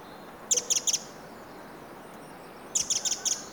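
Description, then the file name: Eurasian wren giving hard ticking calls, one group of three clicks followed after two seconds by a second group of four, over faint steady background hiss. "Troglodytes troglodytes"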